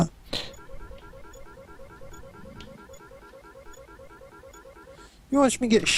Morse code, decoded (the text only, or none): none